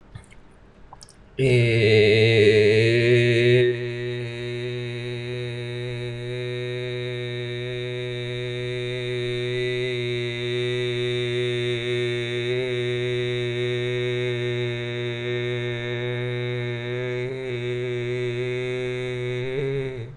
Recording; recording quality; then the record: sustained vowel as in made; excellent, no background noise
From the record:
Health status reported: recovered from COVID-19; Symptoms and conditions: none ticked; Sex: male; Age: 20 years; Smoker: not ticked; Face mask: not worn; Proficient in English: yes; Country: India